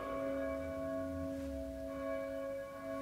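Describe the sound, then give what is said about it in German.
Church bells ring in a steady, sustained wash of overlapping metallic tones, their bright harmonics hanging in the air continuously with no voices present. “Mein Gott! Die Glocken!”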